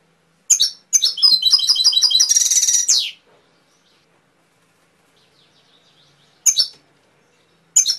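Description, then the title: Canary song: a short chip, then a rapid run of bright trilled notes ending in a dense buzzy burst, with further brief chips after a pause. Canary training (masteran) recording, full isian style. "mster Mnuk. Masteran Kenari Full Isian"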